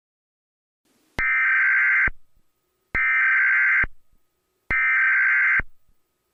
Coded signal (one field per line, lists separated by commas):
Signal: Emergency Alert System (SAME) tones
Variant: header bursts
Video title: EAS scenario #01: The July Flood